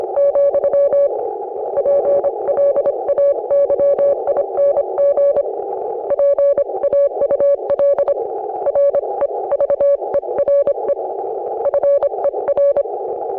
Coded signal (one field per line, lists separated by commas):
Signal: Morse code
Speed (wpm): 26 wpm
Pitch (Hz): 560 Hz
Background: none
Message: , PLAYING PAUL REVERE FER